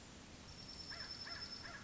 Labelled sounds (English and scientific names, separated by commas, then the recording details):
American Crow (Corvus brachyrhynchos)
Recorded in Sonoma County, California